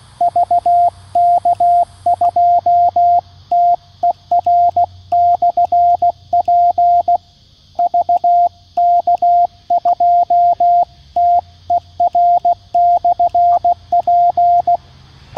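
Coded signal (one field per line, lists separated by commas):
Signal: Morse code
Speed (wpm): 16 wpm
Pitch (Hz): 700 Hz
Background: radio noise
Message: VK2TER/P VK2TER/P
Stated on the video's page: QRP CW summit activation at 16 WPM on 7.033 MHz (40m), QCX-mini at 5W, random wire on telescopic mast; unsuccessful due to QSB fading and rain.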